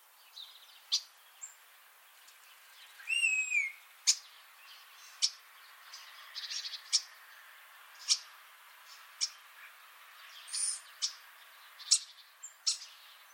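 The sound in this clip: Common starling calls: scattered sharp clicks and short squeaky notes with a sliding, wavering whistle, over faint background hiss.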